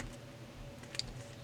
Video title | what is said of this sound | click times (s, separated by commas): iTrackLTE - How to Power Up/Down/Charge | basta prenderlo e vedrai che questo ragazzo entra bene sentirai una specie di sensazione di clic | 1.0 s